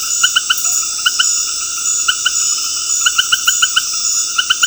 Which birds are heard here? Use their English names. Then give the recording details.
none. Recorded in dense forest near Puerto Asís, Putumayo, Colombia, on 19 February 2024 at 19:30. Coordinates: 0.485, -76.325. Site G6429